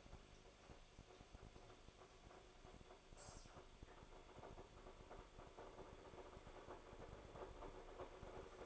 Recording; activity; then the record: daily activity, microphone in the room; make coffee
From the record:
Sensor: 5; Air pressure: 1014.8 hPa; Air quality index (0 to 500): 201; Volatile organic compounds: 9 ppm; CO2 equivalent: 2141 ppm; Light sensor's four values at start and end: 17/39/15/14 and 17/39/15/14